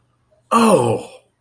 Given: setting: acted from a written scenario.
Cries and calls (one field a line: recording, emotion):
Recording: vocal sound without words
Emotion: positive surprise